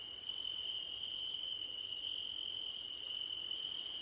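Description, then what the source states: Crickets produce a continuous, even high trill with a fainter hissing haze above it. Crickets recorded at night under a starlit sky.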